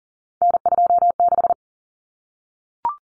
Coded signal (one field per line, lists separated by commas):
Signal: Morse code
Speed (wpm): 40 wpm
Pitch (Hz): 700 Hz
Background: none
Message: N26